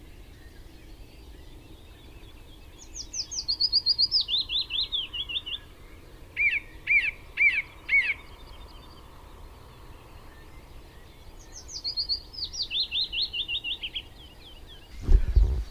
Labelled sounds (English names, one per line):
Willow Warbler song